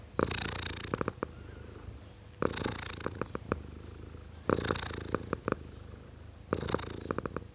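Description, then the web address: Cat purring: a steady low rumble, with louder breathy bursts about every two seconds as the cycle repeats. Tom cat purring. "BBC Sound Effects Library. Tom Cat, Purring"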